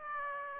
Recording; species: mosquito wingbeat signal from an infrared sensor; Aedes aegypti